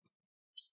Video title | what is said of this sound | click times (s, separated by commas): How to Repaste and Clean an Asus ROG G17 Laptop - G713Pi DS94 | but as soon as I put it makes nice click sound that's what you want to do left and right | 0.1 s, 0.6 s